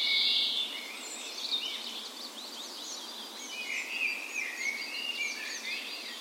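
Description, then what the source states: Birds in a birds, several singing together, a loud high trill at the start, then rapid chirps and fluty phrases layered throughout. Birds' birds in a park west in Bergen, Norway, on the morning of 17 May (National Day) in full spring; recorded with a Sony PCM A10 and LOM micro Usi microphones as tree ears.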